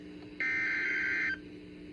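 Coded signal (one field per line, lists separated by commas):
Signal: Emergency Alert System (SAME) tones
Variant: header bursts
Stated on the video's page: Real alerts from the convective events of the final day of the year.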